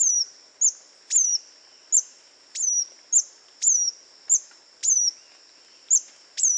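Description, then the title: Scale-throated hermit calls: high, thin squeaky notes, each a short note followed by a sharp descending slur, repeated many times over a quiet background. Nominate subspecies Phaethornis eurynome eurynome. "LuckyPassaro Completos2Sama. Scale-throated Hermit (Phaethornis eurynome eurynome)"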